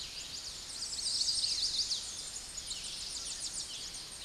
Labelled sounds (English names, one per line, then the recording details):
Tennessee Warbler song
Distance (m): 35 m
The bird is about 30 m above the microphone
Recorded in a Pennsylvania forest on 16 May 2024 at 09:56
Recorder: AudioMoth, point MSD-2143
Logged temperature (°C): 16.0 °C
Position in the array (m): 64 m, 171 m